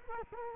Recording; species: mosquito wingbeat signal from an infrared sensor; Culex quinquefasciatus